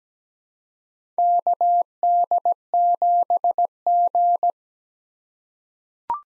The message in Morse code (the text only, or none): KD7G